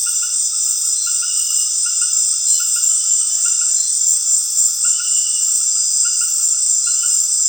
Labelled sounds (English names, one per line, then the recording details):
none
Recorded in dense forest near Puerto Asís, Putumayo, Colombia, on 18 February 2024 at 19:00
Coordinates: 0.502, -76.326
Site G6460